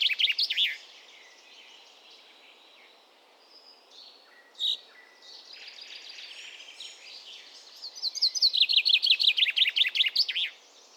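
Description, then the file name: Common chaffinch song: a brief burst at the start, then a loud, rapid run of descending slurred notes near the end, with quieter bird chirps between. "Fringilla coelebs"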